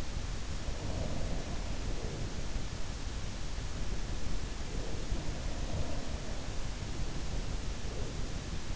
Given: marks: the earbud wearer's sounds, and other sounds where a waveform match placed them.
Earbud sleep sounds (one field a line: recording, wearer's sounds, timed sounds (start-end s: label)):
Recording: sounds in sleep by an in-ear microphone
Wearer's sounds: breath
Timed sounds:
0.68-2.93 s: breath
3.70-6.48 s: breath
6.75-8.76 s: breath